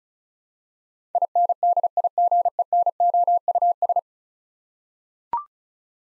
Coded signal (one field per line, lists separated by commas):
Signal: Morse code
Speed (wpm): 36 wpm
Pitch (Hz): 700 Hz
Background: none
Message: INDIGENOUS